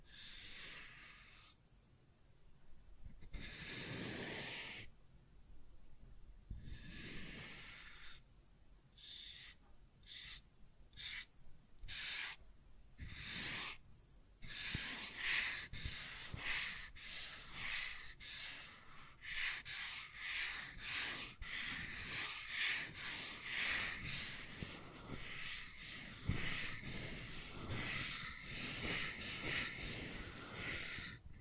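Scratching and tracing on a surface, starting as separate rough strokes about a second long with short pauses between them. After about fifteen seconds the strokes run together into a nearly continuous, bright, gritty scraping that keeps going to the end.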